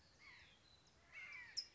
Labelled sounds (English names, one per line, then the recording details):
California Towhee
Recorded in Sonoma County, California